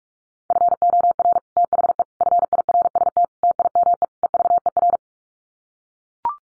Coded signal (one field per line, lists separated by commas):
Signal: Morse code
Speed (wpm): 44 wpm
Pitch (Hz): 700 Hz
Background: none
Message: FOR THE FIRST TIME EVER